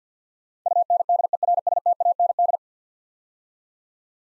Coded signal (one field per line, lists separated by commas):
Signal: Morse code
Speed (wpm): 49 wpm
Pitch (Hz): 700 Hz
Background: none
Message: UNDERSTAND